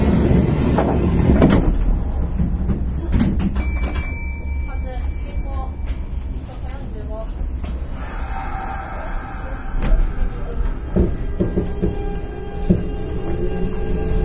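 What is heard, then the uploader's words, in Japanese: Inside a Nara Line express train, a steady low rumble of the running carriage fills the whole clip. Brief knocks and clatters come every few seconds, with a short high tone around four seconds, and a thin whine runs through the later part. 近畿日本鉄道1220系列電車の走行音です。奈良線の急行列車にて収録しました。区間は、大和西大寺から大阪難波までです。奈良線急行 大和西大寺から大阪難波まで。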